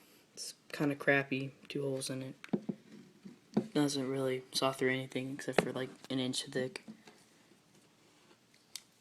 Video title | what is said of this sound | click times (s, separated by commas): Mossy oak hunting tool review | and all the blades lock into place and unlock | 8.8 s